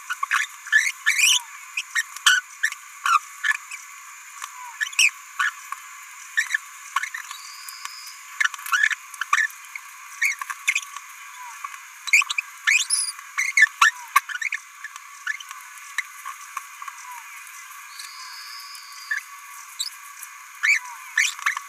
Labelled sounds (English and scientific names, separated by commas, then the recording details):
Green-rumped Parrotlet (Forpus passerinus) babbling
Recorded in a nest box in Venezuela
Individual 18B17A3